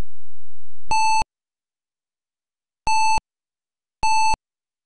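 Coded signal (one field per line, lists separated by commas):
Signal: none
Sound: game sound effect beeps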